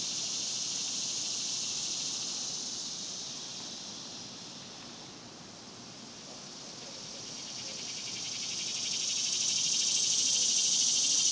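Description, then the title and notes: Cicada buzzing, a high continuous drone that fades in the middle and then swells strongly toward the end. Cicadas recorded outdoors in a cemetery during the daytime in summer. "Ext, Daytime Cicadas, Cemetery, Summer by Bandeto"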